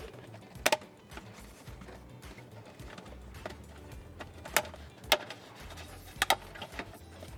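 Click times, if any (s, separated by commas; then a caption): 0.7 s, 4.6 s, 5.1 s, 6.2 s, 6.3 s. A clipped-in dashboard trim panel with a leather section is pried off a car dashboard. Sharp clip pops ring out at 0.7, 4.6, 5.1, 6.2 and 6.3 seconds as the clips let go, and the trim piece comes free.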